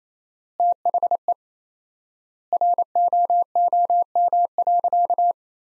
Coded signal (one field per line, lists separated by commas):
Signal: Morse code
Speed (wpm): 28 wpm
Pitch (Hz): 700 Hz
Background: none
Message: THE ROOM.